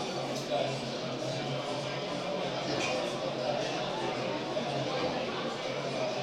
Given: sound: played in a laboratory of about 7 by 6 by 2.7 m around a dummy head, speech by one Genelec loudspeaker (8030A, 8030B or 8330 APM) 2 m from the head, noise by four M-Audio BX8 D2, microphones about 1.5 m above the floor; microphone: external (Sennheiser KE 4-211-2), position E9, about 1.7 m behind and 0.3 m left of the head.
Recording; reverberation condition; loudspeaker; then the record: cafeteria noise; medium; four, about 170 cm from the corners of the room and facing them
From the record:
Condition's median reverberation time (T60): about 510 ms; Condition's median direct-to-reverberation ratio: about -0.5 dB